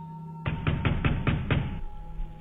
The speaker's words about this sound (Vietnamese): Đúng lúc bên ngoài có tiếng đập cửa.